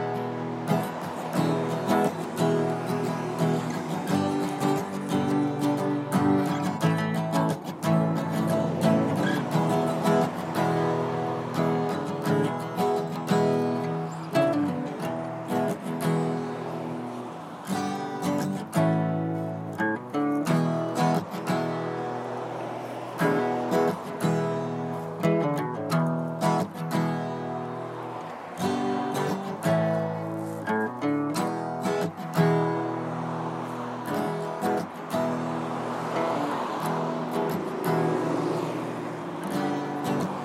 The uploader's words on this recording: You will notice the sounds of the cars passing being different in each ear. Recorded on Euclid street in Tucson.